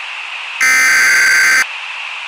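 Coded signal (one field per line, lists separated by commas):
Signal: Emergency Alert System (SAME) tones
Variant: header bursts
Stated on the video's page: Fictional nuclear meltdown alert made for a Roblox game.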